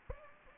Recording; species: mosquito wingbeat signal from an infrared sensor; Aedes aegypti